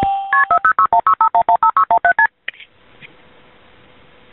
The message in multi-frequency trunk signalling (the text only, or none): KP406165115617STP